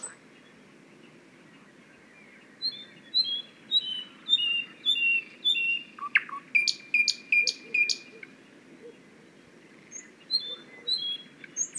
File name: thrush nightingale